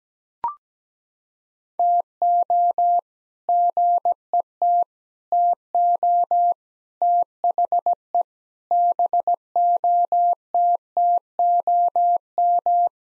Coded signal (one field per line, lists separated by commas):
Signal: Morse code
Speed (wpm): 17 wpm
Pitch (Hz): 700 Hz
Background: none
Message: TO GET TO THE BOTTOM